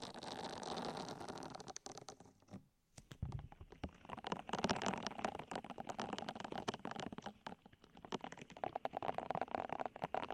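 A deep ear massage: dense, crackling rubbing with a steady stream of sharp little clicks and pops. The friction runs thick for two seconds, drops to near silence around the third second, then resumes in uneven strokes that swell and ease until the end.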